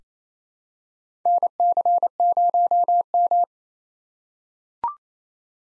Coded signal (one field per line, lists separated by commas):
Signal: Morse code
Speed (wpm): 28 wpm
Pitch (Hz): 700 Hz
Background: none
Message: NC0M